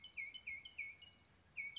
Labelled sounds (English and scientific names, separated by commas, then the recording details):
California Towhee (Melozone crissalis)
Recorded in Sonoma County, California